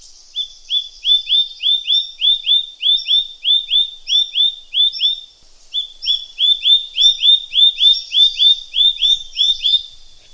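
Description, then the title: Green-backed tit calling, a bright downslurred note repeated rapidly and steadily, with one short pause midway. "Green-backed Tit (Parus monticolus)"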